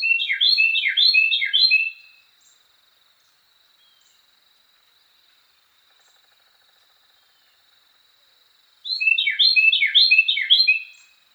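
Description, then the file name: Carolina wren song: two bursts of fast, ringing repeated phrases, each about two seconds long, separated by roughly seven seconds of near silence. "suara-kicauan-burung-carolina-wren-variasi-5-omkicau"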